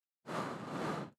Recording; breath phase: one breath near a microphone; exhalation